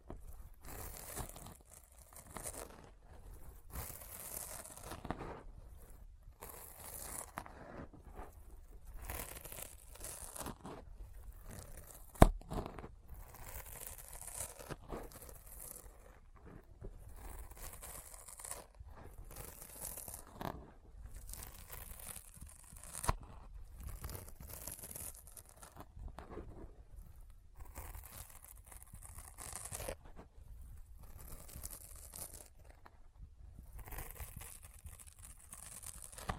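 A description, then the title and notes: Sticky fingers press and peel apart over and over, each separation giving a short, crackling, tearing burst with a bright hiss on top. The bursts come steadily, about one or two per second, for the whole stretch. A sharp click stands out near twelve seconds. ASMR Intense Sticky Finger Sounds (No Talking).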